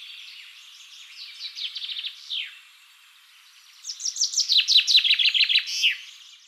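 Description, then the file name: Common chaffinch singing twice: a short trilled phrase ending in a downward flourish, a pause, then a louder, longer run of cascading notes with a final flourish. "Fringilla coelebs"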